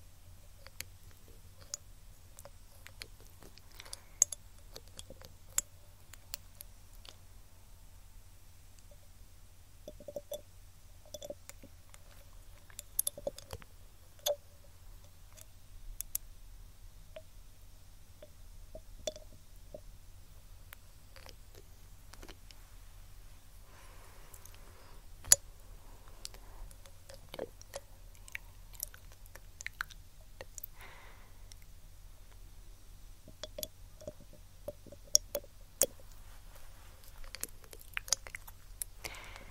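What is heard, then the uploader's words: Quiet ear cleaning sounds: scattered sharp clicks, scratches and brief rustles from picking and brushing, arriving irregularly every second or two with a few louder taps near 4, 13, 25 and 36 seconds. A steady low hum sits underneath throughout. ASMR Tascam Ear Cleaning (Picking, Brushing, Q-Tip, Tweezers).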